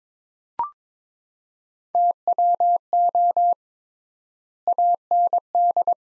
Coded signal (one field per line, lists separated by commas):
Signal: Morse code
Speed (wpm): 22 wpm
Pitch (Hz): 700 Hz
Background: none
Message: TWO AND